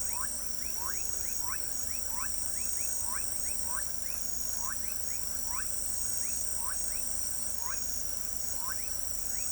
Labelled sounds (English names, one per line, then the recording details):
none
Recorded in pastures near Pivijay, Magdalena, Colombia, on 2 June 2023 at 22:00
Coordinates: 10.456, -74.369
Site P6-G026